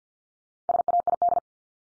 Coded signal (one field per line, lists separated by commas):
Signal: Morse code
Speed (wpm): 50 wpm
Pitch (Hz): 700 Hz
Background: none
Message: SAID